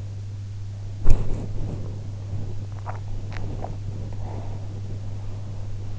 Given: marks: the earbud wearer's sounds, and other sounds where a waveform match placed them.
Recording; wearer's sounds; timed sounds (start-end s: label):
sounds in sleep by an in-ear microphone; body movement
0.99-5.41 s: body movement